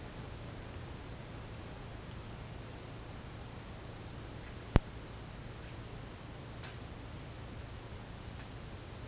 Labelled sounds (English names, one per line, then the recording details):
none
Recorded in pastures near Puerto Asís, Putumayo, Colombia, on 23 June 2025 at 16:00
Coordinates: 0.496, -76.326
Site GP01